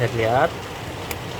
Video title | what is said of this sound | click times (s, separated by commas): Pengetestan ulan Paket B150M+Core i5 Gen6 mengikuti arah penjual | ya, sudah terkunci dengan rapat, tidak ada yang longgar ya. | 1.1 s